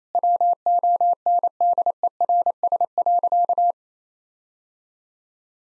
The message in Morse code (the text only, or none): WONDERS.